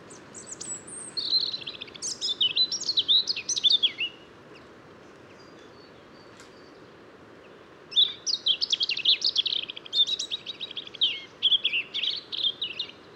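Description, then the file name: European robin singing two long, intricate phrases of high warbling, thin slurred whistles and fast trills, separated by about four seconds of quiet. "Erithacus rubecula"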